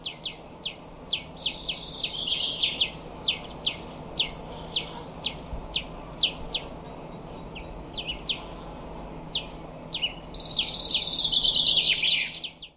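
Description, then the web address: Bird calls: rapid sharp chips and clicks in quick succession, mixed with buzzy high trills that swell louder toward the end. "Deverinetal 2025"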